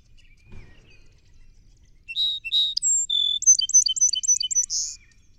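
Song sparrow song: after a soft thump, two buzzy introductory notes, a high whistle, a lower note, then a quick rattling trill ending in a short buzz.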